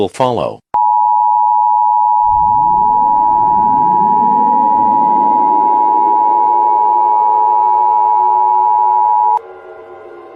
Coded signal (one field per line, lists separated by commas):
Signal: Emergency Alert System (SAME) tones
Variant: 853 and 960 Hz attention tone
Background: speech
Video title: EAS Scenario #1 - The Devils Soundwaves